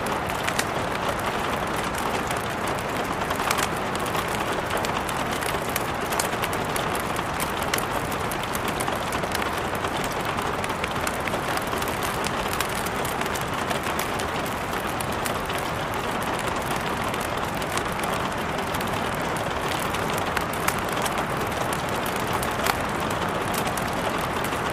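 A rainstorm pours down steadily, a dense, even wash of rain that barely changes in level across the whole clip. Fine snaps and ticks, like crackling from a fire, pepper the sound throughout, over a low, full rumble underneath.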